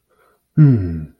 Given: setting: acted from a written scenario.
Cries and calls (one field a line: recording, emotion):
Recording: vocal sound without words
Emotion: serenity